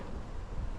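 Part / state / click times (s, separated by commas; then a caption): lid latch on a trailer toolbox / not seated / none. A salvaged trailer toolbox, set upright, has its lid handled to test the lid latch; one of its two latches is missing. Only a steady low rumble and broad noise are heard, with no distinct hits. Nothing has seated or clicked yet.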